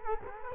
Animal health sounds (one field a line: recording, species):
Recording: mosquito wingbeat signal from an infrared sensor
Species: Culex quinquefasciatus